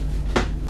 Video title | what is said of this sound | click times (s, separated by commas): Mobile Pet Dog Grooming Van for Sale Part II | the door does lock into place | 0.4 s